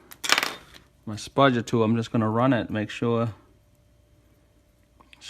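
The third small gimbal flex cable connector of a DJI Mavic Pro camera gimbal is pressed into its socket on the gimbal board with a spudger while someone talks. A burst of light metallic tapping comes near the start. After a quiet pause, a sharp click at 5.1 s marks the connector seating properly.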